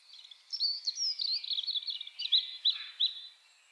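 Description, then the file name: European robin song, a high tinkling phrase of quick notes, ending in a few separate clear chirps. "Erithacus rubecula"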